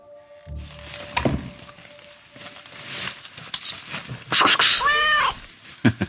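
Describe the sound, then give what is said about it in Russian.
A cat meows in a rising, wavering cry near the end, preceded by scattered shuffling and rustling noises and a faint steady hum at the start. “Что, мяу? Сейчас покормлю.”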